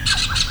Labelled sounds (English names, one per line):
Brown-throated Parakeet contact call